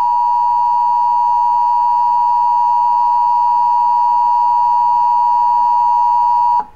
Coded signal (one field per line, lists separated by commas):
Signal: Emergency Alert System (SAME) tones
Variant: 853 and 960 Hz attention tone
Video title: 2021 National EAS Test (EAS #2,389)